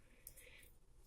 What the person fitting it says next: A very nice and satisfying click to it.